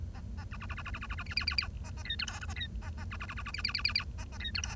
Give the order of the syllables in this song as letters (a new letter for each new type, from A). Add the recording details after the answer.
A A B B B B B B B B B C C C C A A D E F G A D A A B B B B B C C C C C A A D E F. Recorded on 1 October 2012 at 09:55. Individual or60yw70